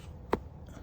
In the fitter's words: And you can hear it lock.